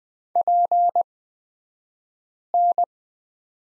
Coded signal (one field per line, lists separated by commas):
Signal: Morse code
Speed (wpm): 20 wpm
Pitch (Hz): 700 Hz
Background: none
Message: PN